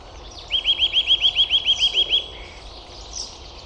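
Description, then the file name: Eurasian nuthatch giving one fast, even trill of about a dozen piping notes in under two seconds, then stopping. "Sitta europaea"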